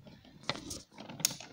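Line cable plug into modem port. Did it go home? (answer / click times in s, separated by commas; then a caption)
yes / 1.2 s. A technician plugs the line cable back into the port on a modem box that is stuck on step 2, amid light handling and rustling with a sharp tap around 0.5 s. The plug's retaining clip snaps home with a crisp, bright click at 1.3 s, and the plug is seated.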